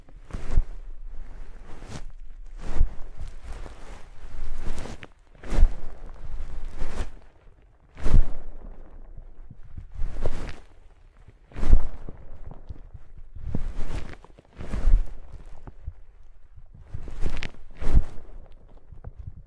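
Soft, fluffy rustling triggers come in slow repeated swells, each brushing sweep roughly every one to two seconds with quiet gaps between.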